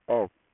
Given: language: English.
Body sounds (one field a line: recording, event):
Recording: throat vibration sensor signal played as sound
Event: speech